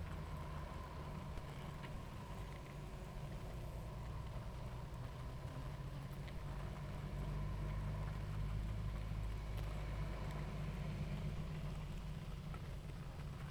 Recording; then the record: honeybee colony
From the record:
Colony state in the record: active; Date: 28 July 2017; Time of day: 18:51